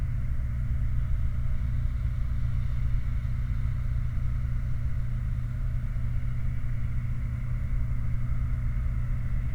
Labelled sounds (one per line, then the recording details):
machinery
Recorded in the Prudhoe Bay oil fields, Alaska, on 29 July 2019 at 04:18
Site 29